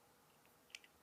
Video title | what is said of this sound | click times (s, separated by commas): How to FIX GPU FAN (fan noise problem) | it with your fingers and you will hear click like that | 0.7 s